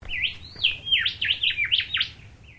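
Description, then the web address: Bird calls, a rapid series of whistled, swooping notes that rise and fall sharply, over a low rumbling background. Recorded in mangroves. "Sound Effects-Foundation 1 BIRD UNKNOWN MAGROVES"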